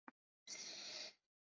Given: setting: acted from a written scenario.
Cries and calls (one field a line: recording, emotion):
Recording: vocal sound without words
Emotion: desire